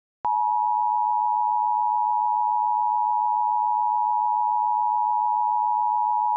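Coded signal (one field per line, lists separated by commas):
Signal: Emergency Alert System (SAME) tones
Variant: 853 and 960 Hz attention tone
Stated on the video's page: Fictional EAS scenario, not a real alert.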